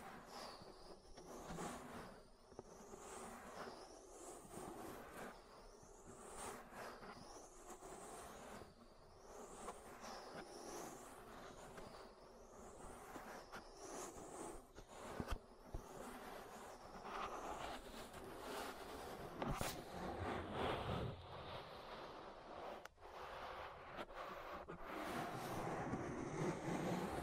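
An ear massage makes steady rough rubbing under squeaky rising sweeps about once a second, which fade as a louder, denser hiss takes over near twenty seconds.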